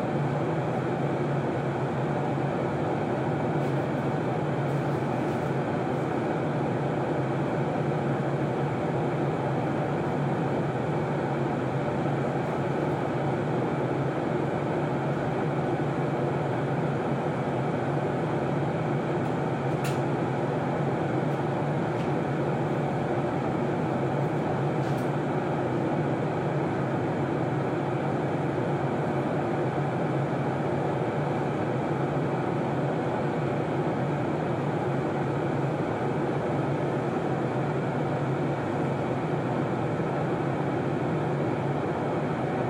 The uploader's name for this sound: Airplane Background Noise